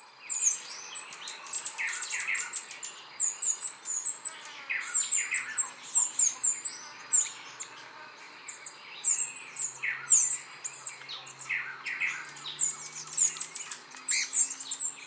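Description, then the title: Bird song as long, fast strings of very high twittering notes mixed with lower warbled phrases, pausing briefly and then resuming energetically. "LuckyPassaro Completos2Sama"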